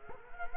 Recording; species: mosquito wingbeat signal from an infrared sensor; Culex quinquefasciatus